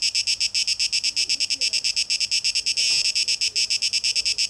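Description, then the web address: Cicada song, a high buzz in fast pulses, steady and loud, with a brief smoother swell near the third second. Recorded 12 August 2023; tape echo mix. "Audio 2023-08-12 Zikaden (Tape Echo Mix)"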